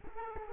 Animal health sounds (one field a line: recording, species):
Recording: mosquito wingbeat signal from an infrared sensor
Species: Culex quinquefasciatus